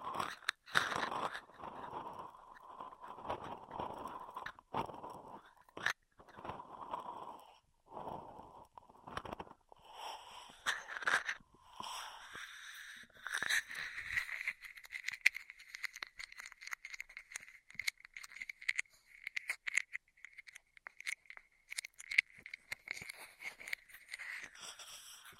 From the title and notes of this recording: Intense Ear Triggers (No Talking).